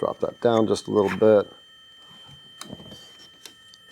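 Someone talks while handling a dust collection boot brush on a CNC router spindle housing, lowering the brush down a little. Quiet handling follows, with a few faint ticks near 2.6 s and 3.5 s. Nothing has seated or clicked yet.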